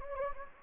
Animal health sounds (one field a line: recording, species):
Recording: mosquito wingbeat signal from an infrared sensor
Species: Anopheles gambiae